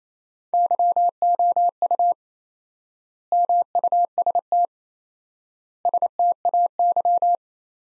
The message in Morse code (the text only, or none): YOU MUST STAY